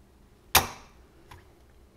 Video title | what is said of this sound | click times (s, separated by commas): AMD Threadripper CPU Installation | it's seated right there you'll feel a little spring to it so | 0.6 s